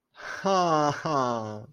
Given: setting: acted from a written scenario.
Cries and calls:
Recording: vocal sound without words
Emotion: positive surprise

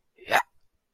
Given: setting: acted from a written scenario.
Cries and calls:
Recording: vocal sound without words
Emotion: pride

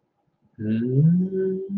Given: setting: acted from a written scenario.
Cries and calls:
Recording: vocal sound without words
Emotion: awe

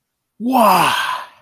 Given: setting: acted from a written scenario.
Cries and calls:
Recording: vocal sound without words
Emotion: awe

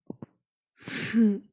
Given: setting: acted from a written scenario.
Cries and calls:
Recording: vocal sound without words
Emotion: anger

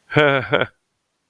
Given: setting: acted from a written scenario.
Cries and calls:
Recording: vocal sound without words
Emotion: amusement

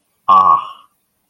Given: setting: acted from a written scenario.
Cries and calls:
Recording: vocal sound without words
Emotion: realization

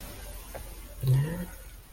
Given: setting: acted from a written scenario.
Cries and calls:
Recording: vocal sound without words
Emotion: sympathy

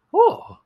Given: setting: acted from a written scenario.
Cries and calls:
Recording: vocal sound without words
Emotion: positive surprise

